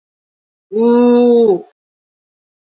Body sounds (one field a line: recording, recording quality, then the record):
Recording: sustained vowel as in boot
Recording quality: excellent, no background noise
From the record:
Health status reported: healthy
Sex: female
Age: 54 years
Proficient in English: yes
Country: India